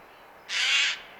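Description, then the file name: Eurasian jay giving a single hoarse, rasping screech lasting about half a second, broad and noisy, after brief quiet. "Garrulus glandarius"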